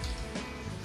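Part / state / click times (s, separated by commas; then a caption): boot lid into its latch on the car body / not seated / none. A hand pulls the unlocked boot lid of a Hyundai Exter down toward its latch on the car body, making a low, rumbling broadband noise that rises sharply at about 0.0 s and stays steady to the end. Nothing has seated or latched yet.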